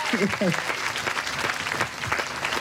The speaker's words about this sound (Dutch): Ik denk dat ik namens iedereen spreek, en die gaan gewoon weer even klappen, dat we het fantastisch vinden dat je na 11 uur vliegen hier gewoon staat.